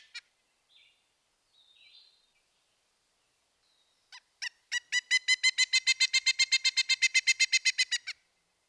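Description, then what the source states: Pileated Woodpecker uttering a fast, steady run of loud ringing ki notes lasting over three seconds, after a few faint scattered calls. Call can be even louder than the flicker's, rendered as ki ki ki, with an obvious rise and fall in pitch rather than a steady pitch.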